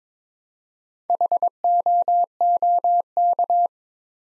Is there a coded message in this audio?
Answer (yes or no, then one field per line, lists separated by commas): yes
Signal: Morse code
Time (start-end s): 1.1-3.7 s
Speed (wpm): 22 wpm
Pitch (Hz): 700 Hz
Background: none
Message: HOOK